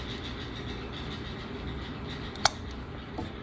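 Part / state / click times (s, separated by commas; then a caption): wire connector onto a limit switch on a CNC plasma table / seated / 2.5 s. A plastic wire connector clip is pushed onto the limit switch of a Langmuir Systems Crossfire Pro CNC plasma table over a steady low background hum. It seats with one sharp, bright click at 2.5 s, with a faint tap just before it and a softer knock near 3.2 s.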